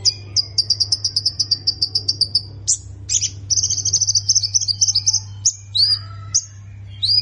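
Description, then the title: Plain prinia singing a fast chirping run and a buzzy trill, then scattered sharp high notes, with a low hum in the background. "Ciblek Sawah"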